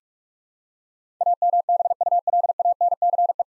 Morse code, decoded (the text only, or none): AMBULANCE